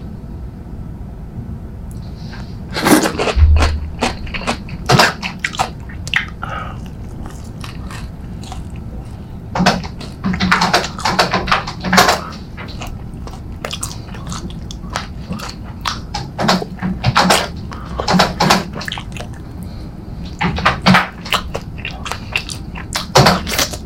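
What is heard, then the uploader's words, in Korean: Chicken being eaten ASMR-style: crisp, crackling bites and chewing arrive in irregular clusters, starting near three seconds and recurring through the end. Sharp bright crunches stand over a low, steady murmur, with quieter pauses between bursts of mastication. 치킨 ASMR.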